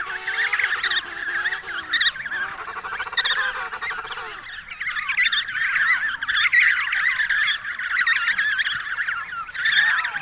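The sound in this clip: Penguins calling en masse, a deeper drawn-out braying call standing out for the first four seconds above a continuous chattering, honking chorus.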